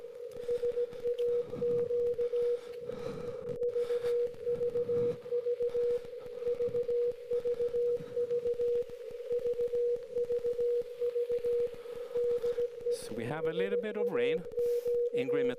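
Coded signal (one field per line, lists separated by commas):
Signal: Morse code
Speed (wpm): 17 wpm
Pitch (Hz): 480 Hz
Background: speech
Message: SAQ VVV VVV VVV DE SAQ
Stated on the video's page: SAQ transmission, live stream.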